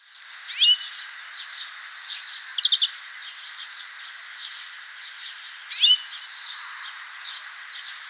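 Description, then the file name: European greenfinch calls: scattered high chirps and short twittered bursts, louder near the start, middle and six seconds, against constant faint background noise. "Chloris chloris"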